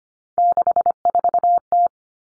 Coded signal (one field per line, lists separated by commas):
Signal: Morse code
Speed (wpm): 25 wpm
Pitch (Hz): 700 Hz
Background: none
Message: 64T